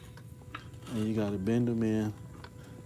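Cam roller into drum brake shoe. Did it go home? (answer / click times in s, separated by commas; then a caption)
yes / 2.4 s. The metal roller ends of a cam roller are bent in and pushed into a steel drum brake shoe while someone talks. After the talking, a short, sharp snap at 2.4 s marks the roller locking into the shoe. Fainter ticks are heard near the start.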